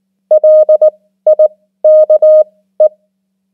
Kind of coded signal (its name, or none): Morse code